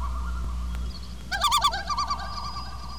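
Loon giving a wavering, quavering tremolo that starts suddenly and laughs on for over a second over low steady background hum.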